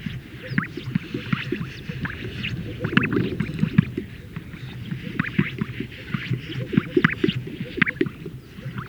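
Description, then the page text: Greater sage-grouse lek chorus: many low, hollow bubbling pops in irregular bursts, mixed with soft rustling swishes and faint higher whistles. Males performing at a lek, inflating a large sac and releasing the air. "Greater Sage Grouse Lek Sound Effect. Funny Sound Effects. Greater Sage Grouse males performing at a lek, where they inflate a large sac and release the air"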